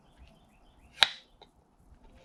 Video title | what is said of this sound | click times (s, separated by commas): Storing KBS Clear Coat | you heard the pop | 1.0 s